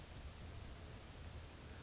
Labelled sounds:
California Towhee
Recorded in Sonoma County, California

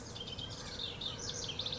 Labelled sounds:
House Wren
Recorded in Sonoma County, California

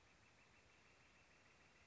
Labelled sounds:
Northern Flicker
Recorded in Sonoma County, California

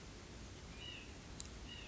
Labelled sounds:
White-breasted Nuthatch
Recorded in Sonoma County, California

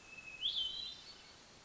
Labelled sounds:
Hermit Thrush
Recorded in Sonoma County, California

